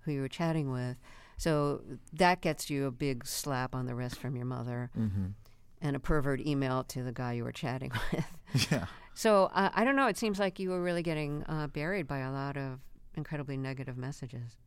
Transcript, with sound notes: Who you were chatting with, so that gets you a big slap on the wrist from your mother and a pervert email to the guy you were chatting with.
Yeah.
(LAUGHTER)
So I don't know - it seems like you were really getting buried by a lot of incredibly negative messages.